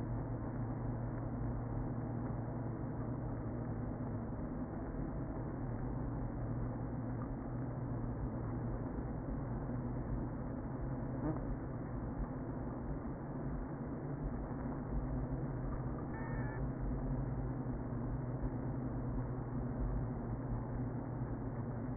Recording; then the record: honeybee colony, microphone inside the hive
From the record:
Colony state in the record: queen present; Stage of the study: before two queens were removed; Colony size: about 60,000 bees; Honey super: yes